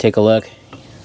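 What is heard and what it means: Someone talks briefly, then an old front brake pad from a 2003–2008 Toyota Corolla is handled against the caliper bracket clips for comparison, with a faint knock at 0.7 s. The pad has not seated or clicked into the bracket yet when the clip ends.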